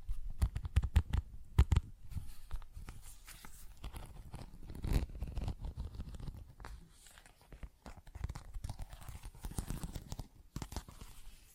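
Tapping and scratching with crunchy, tearing textures, busiest in the first two seconds, a sharp burst near five seconds, then softer rustling.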